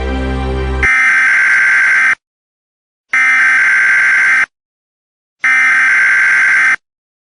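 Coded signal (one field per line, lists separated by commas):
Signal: Emergency Alert System (SAME) tones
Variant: header bursts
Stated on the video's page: Fictional county alert in an analog horror piece, not a real broadcast.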